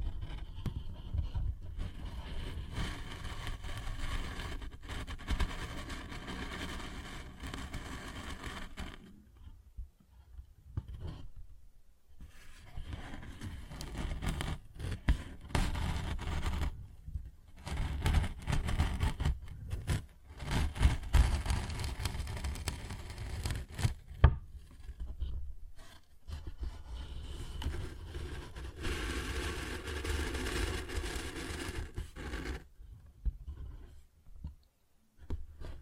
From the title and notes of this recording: ASMR Paper Bag Tapping and Scratching Sounds (No Talking).